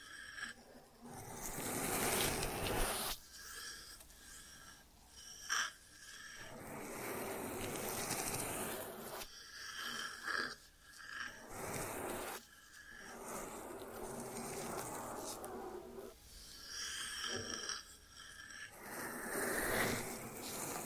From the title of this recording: ASMR 3D Brain Penetrating Ear Treatment